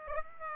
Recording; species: mosquito wingbeat signal from an infrared sensor; Aedes aegypti